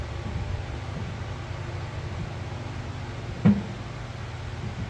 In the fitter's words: There we go. Now we're locked into place.